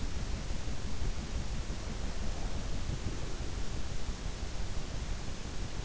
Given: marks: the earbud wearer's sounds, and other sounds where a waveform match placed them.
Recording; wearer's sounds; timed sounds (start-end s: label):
sounds in sleep by an in-ear microphone; breath
1.69-4.32 s: breath